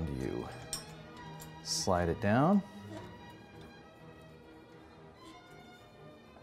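A rack adjuster from a dishwasher rack adjuster kit is slid down onto the dishwasher rack while someone talks over steady background music, with a brief sharp tap at 0.7 s. The part is still being handled and has not seated or clicked into place yet.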